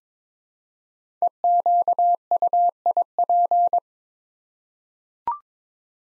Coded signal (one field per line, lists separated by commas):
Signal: Morse code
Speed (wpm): 22 wpm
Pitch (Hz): 700 Hz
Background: none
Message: EQUIP